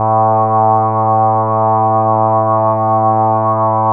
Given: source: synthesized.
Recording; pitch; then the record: sustained vowel; 110 Hz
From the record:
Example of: Parkinson's disease, very light (G2)